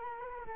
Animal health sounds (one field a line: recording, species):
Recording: mosquito wingbeat signal from an infrared sensor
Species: Culex quinquefasciatus